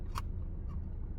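An interchangeable lens is set onto a camera body mount with the white dots matched, and it gives its first click at 0.2 s, a short bright snap over a steady low rumble. This is only the first click before the lens is twisted, so it has not yet locked.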